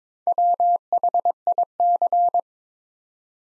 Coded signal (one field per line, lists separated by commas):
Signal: Morse code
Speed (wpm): 22 wpm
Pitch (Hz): 700 Hz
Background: none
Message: WHIC